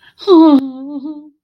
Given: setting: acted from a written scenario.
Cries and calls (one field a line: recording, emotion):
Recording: vocal sound without words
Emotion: fear